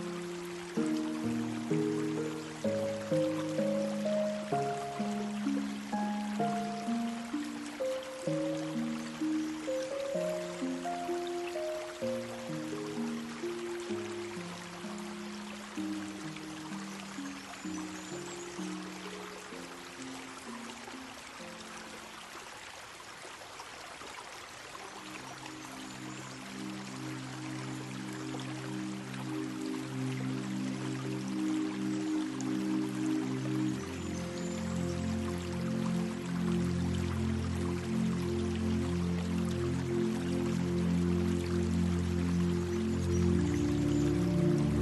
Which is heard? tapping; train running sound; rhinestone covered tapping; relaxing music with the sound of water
relaxing music with the sound of water